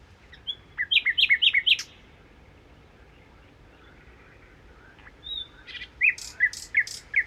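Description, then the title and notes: Common nightingale song: a burst of rapid repeated chirps, a pause, then a second phrase of sharp descending notes. Nightingale song recorded 1 May 2019 in the Crau, Bouches-du-Rhône, France, with a Nagra Seven recorder, comparing cardioid (MKH8040) and omnidirectional (MKH8020) microphones. "Crau - Bouches du Rhône. Rossignol philomèle"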